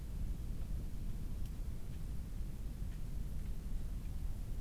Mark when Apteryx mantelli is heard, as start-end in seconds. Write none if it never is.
none